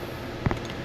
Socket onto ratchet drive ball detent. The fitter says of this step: thing you're gonna know this good solid click and then